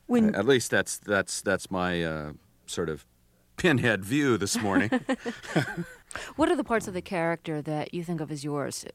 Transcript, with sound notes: At least, that's my sort of pinhead view this morning.
(LAUGHTER)
What are the parts of the character that you think of as yours,